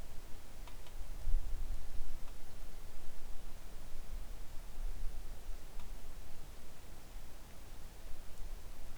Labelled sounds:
wind
rain
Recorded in the Arctic National Wildlife Refuge, Alaska, on 3 August 2019 at 10:33
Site 41

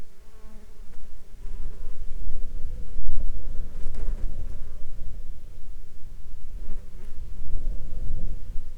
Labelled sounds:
insects
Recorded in the Arctic National Wildlife Refuge, Alaska, on 19 July 2021 at 14:18
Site 33

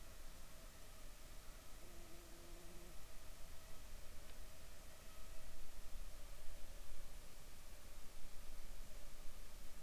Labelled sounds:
insects
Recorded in the Arctic National Wildlife Refuge, Alaska, on 7 July 2019 at 19:37
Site 41

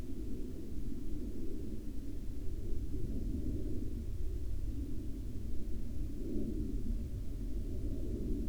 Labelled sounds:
aircraft
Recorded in the Arctic National Wildlife Refuge, Alaska, on 31 July 2019 at 02:19
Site 40

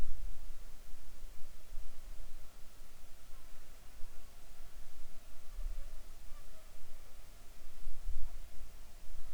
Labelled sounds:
insects
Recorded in the Arctic National Wildlife Refuge, Alaska, on 7 July 2019 at 19:02
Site 41

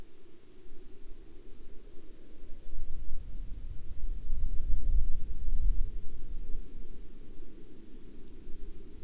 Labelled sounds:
aircraft
insects
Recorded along the Dempster Highway, Canada, on 21 October 2019 at 14:44
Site 25

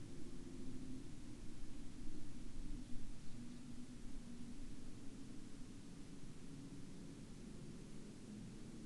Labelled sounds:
bird
man-made sound
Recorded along the Dempster Highway, Canada, on 18 October 2020 at 09:21
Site 22

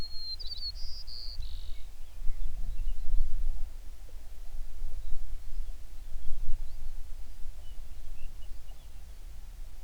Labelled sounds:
songbird
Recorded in the Prudhoe Bay oil fields, Alaska, on 11 June 2019 at 05:11
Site 21

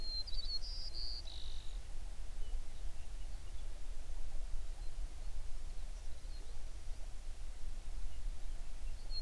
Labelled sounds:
songbird
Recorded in the Prudhoe Bay oil fields, Alaska, on 11 June 2019 at 05:24
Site 21

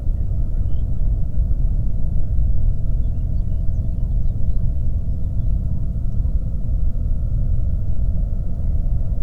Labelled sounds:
songbird
flare stack
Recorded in the Prudhoe Bay oil fields, Alaska, on 22 May 2019 at 01:32
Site 25

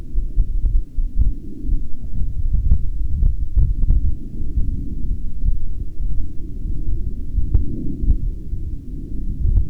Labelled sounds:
aircraft
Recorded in the Prudhoe Bay oil fields, Alaska, on 16 June 2019 at 18:35
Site 11

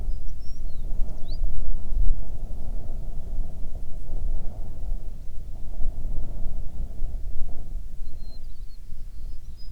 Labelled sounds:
songbird
wind
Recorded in the Prudhoe Bay oil fields, Alaska, on 9 June 2019 at 16:32
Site 21

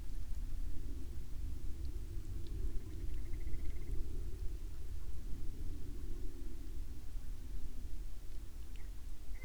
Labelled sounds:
grouse or ptarmigan
aircraft
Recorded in the Prudhoe Bay oil fields, Alaska, on 13 May 2019 at 02:07
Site 21

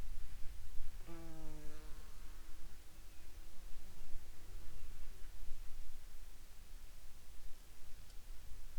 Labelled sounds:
insects
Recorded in the Prudhoe Bay oil fields, Alaska, on 28 July 2021 at 13:59
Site 11

